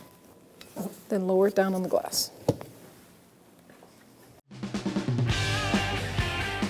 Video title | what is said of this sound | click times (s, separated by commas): How to Replace Wiper Blades 2013-2018 Toyota RAV4 | grab the arm slide that hook right in till it clicks | 0.6 s